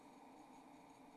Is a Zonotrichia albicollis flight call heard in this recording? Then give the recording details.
no. No flight call is heard. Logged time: 23:40 on 27 November 2014